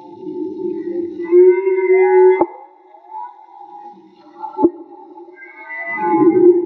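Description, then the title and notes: Whale song: sustained tonal moans with higher harmonic whines, punctuated by two sharp clicks, ending in a rougher swell. Whale song; field recording made with DIY hydrophones, audio cleaned afterwards. "CANTO DE BALLENAS MAGMA. Grabación de campo y construcción dehidrofonos DIY. Limpieza de audio."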